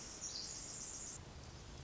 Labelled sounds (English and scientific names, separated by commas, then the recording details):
Pacific Wren (Troglodytes pacificus)
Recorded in Sonoma County, California